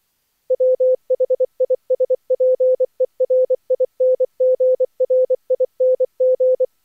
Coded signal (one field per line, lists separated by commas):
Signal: Morse code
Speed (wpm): 22 wpm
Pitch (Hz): 510 Hz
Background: none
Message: WHISPERING RING